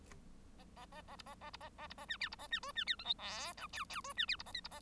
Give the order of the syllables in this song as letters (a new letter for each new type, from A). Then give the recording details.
A A A A B A A B A A B A C D B A C E C D F G H I J J E C D B A K B A. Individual Bird1